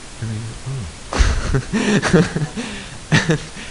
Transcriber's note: laughter